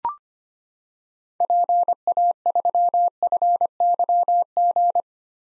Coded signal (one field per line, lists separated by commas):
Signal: Morse code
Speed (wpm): 25 wpm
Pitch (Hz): 700 Hz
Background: none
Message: PA3FYG